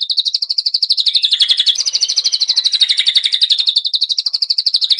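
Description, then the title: White-rumped shama song: a fast, steady chattering trill of high, buzzy notes running unbroken throughout. Song-training (masteran) material for caged birds. "MURAI BATU LABAIK"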